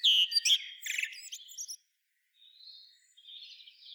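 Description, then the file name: Common blackbird, a loud fluted and scratchy phrase, brief silence, then a soft buzzy high twitter. "Turdus merula"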